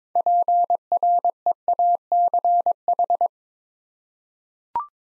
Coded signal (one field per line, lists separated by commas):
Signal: Morse code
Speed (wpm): 22 wpm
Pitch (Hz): 700 Hz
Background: none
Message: PREACH